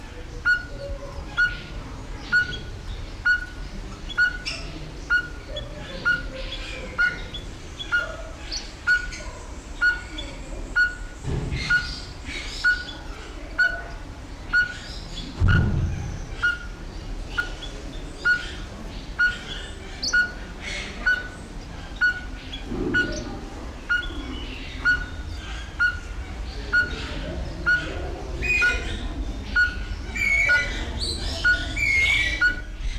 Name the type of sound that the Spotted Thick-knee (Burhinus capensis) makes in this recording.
call